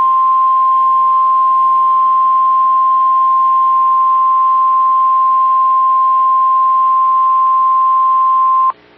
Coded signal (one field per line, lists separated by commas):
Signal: Emergency Alert System (SAME) tones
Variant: 1050 Hz attention tone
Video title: Eas Fwd rwt on KEC55 Eas#1443